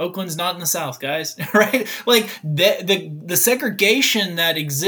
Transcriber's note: chuckle